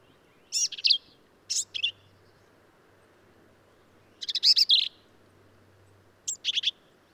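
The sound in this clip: Black-capped vireo song, rapid harsh and chattering high phrases in bursts, a pause of a few seconds before the next burst, otherwise quiet.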